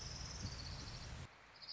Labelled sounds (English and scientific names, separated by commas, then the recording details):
Orange-crowned Warbler (Leiothlypis celata)
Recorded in Sonoma County, California